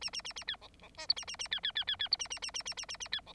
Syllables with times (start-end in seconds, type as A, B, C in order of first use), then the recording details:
0.01-0.10 A, 0.13-0.22 A, 0.24-0.33 A, 0.36-0.44 A, 0.47-0.56 B, 0.61-0.68 C, 0.81-0.89 C, 0.97-1.07 D, 1.08-1.14 E, 1.16-1.25 A, 1.27-1.36 A, 1.39-1.48 A, 1.51-1.60 B, 1.63-1.72 B, 1.75-1.84 B, 1.87-1.96 B, 1.99-2.08 B, 2.11-2.17 E, 2.19-2.28 A, 2.30-2.39 A, 2.42-2.51 A, 2.54-2.63 A, 2.65-2.74 A, 2.77-2.86 A, 2.88-2.97 A, 3.00-3.08 A, 3.12-3.21 B, 3.26-3.33 C. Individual Bird9